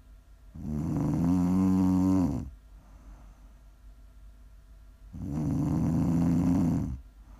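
Two loud, low, rumbling inspiratory snores from a sleeping adult, each lasting about 1.5 to 2 seconds, separated by roughly three seconds of quiet breathing. The buzzing, rattly tone comes from vibration of the soft tissues of the upper airway during sleep.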